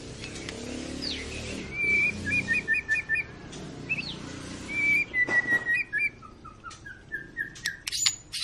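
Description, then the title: White-rumped shama: bird song of rapid repeated whistled notes in short trills, over a noisy background hiss and low rumble. Long song used as a lure to make other birds sing; "gacor" means a bird singing continuously. "Pancingan Murai Batu Gacor Panjang"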